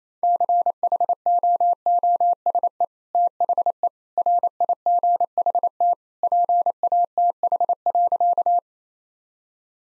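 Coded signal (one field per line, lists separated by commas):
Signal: Morse code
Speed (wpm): 28 wpm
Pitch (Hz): 700 Hz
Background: none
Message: CHOOSE THE RIGHT PATH.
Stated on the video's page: Morse practice at 28 wpm: sentences built from common two-word phrases for head-copy, each sent in Morse, spoken, then sent again.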